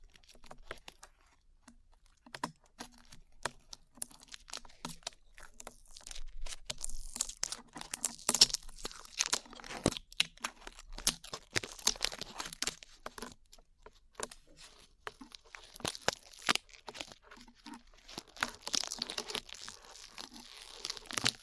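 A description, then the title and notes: Glue being peeled off the ears makes a steady run of sticky crackles, tearing sounds and small snaps, dense and uneven throughout. The crackling grows busier after about seven seconds, with sharper, brighter bursts clustering near eighteen to twenty seconds. ASMR Peeling Glue Off Your Ears (No Talking).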